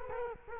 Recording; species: mosquito wingbeat signal from an infrared sensor; Culex quinquefasciatus